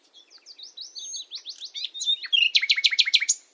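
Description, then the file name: Common nightingale singing a phrase that starts with soft, varied chirps and builds into a loud, fast, rattling trill. "Luscinia megarhynchos"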